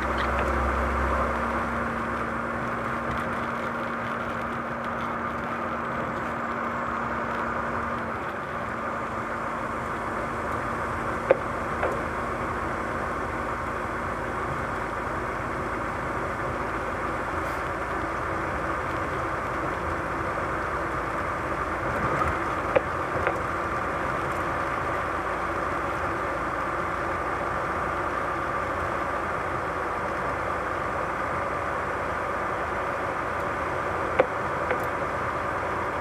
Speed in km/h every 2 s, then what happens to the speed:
96, 95, 96, 95, 95, 97, 98, 99, 99, 100, 102, 102, 102, 103, 103, 104, 104, 104.
0-36 steady at about 99.